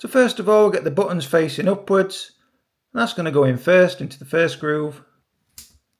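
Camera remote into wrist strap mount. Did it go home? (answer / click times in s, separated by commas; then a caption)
yes / 5.6 s. An Insta360 GPS Preview Remote with built-in mic for the X5 is slid, buttons facing up, into the plastic wrist strap mount, first into the first groove and then into the second. Someone talks for most of the clip. Then a short, sharp snap at 5.6 s marks the remote clicking into the second groove, seated on the strap.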